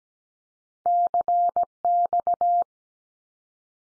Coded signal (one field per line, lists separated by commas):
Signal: Morse code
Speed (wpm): 17 wpm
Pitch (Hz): 700 Hz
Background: none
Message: CX